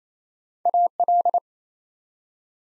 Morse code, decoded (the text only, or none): AL